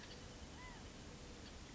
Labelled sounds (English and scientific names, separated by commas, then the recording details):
California Quail (Callipepla californica)
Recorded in Sonoma County, California